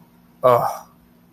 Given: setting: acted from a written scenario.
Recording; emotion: vocal sound without words; contempt